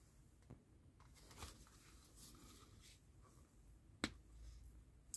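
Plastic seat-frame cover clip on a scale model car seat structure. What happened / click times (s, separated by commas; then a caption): One plastic cover clip snaps in, but the cover is not fully seated / 4.0 s, 5.1 s. A plastic seat-frame cover for the second seat structure of a 1:8 scale Audi quattro model (Centauria, issue 42) is pressed onto its frame with quiet handling noise, giving sharp clicks at 4.0 and 5.1 seconds. The cover only partly snaps in: one clip engages, but another does not go in properly and does not fit well.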